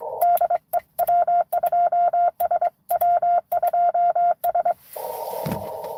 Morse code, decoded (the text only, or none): DE W2S W2S